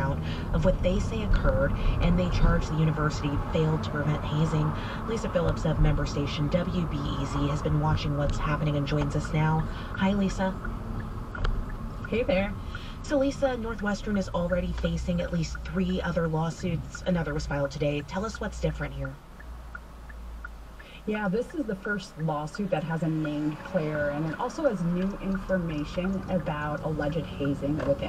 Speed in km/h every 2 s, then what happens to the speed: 23, 27, 26, 26, 23, 19, 13, 0, 0, 0, 0, 0, 0, 0.
0-6 steady at about 26. 6-14 slows to 0. 14-26 standing.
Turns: none.